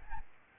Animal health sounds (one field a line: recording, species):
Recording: mosquito wingbeat signal from an infrared sensor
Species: Aedes albopictus